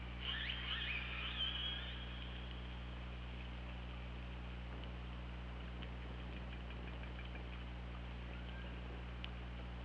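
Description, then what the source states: Killer whale calls underwater: a burst of harsh, harmonic, rising and falling squeals in the first two seconds, then scattered clicks over steady low hydrophone hum. Recorded on an OrcaLab hydrophone, 24 August 2017 at 21:26.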